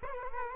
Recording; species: mosquito wingbeat signal from an infrared sensor; Culex quinquefasciatus